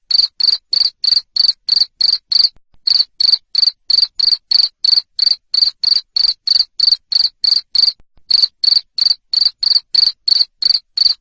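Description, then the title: Cricket: long run of loud, high chirps at about three per second, interrupted by two brief pauses. Loud cricket chirping played to stimulate lovebirds to keep singing (ngekek). "Suara JANGKRIK NGERIK Keras Bikin LOVEBIRD Jadi NGEKEK Terus Vubey"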